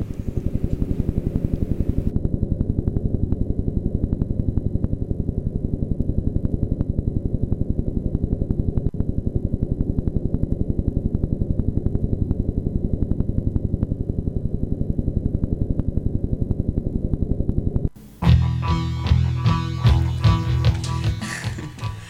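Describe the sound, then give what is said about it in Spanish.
A pulsar's radio signal, detected by the giant antennas of a radio astronomy institute in Parque Pereira, rendered as sound: a rapid, steady train of low thumping pulses, loud and even, like helicopter rotors. It cuts off near the end into a brief, busier tonal sound. “Eso que escuchábamos eso que parecía un helicóptero, son pulsares.”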